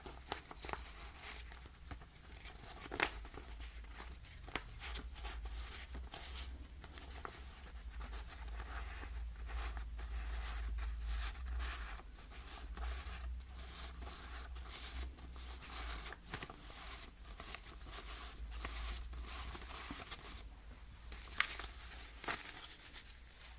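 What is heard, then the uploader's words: Cash being sorted and counted, heard as a steady run of crisp paper rustles and flicks that come every second or so. A few sharper snaps stand out near the three-second mark and again around twenty-one seconds. A low, constant hum sits underneath throughout. Cash sorting, counting, spreading.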